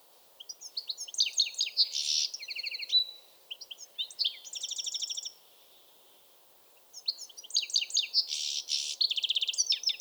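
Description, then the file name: European goldfinch song: rapid sparkling twitters mixed with harsh buzzes and fast trills, in two long phrases separated by a short pause. "Carduelis carduelis"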